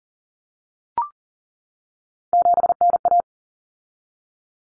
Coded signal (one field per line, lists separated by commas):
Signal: Morse code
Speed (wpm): 40 wpm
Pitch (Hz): 700 Hz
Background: none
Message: 7NA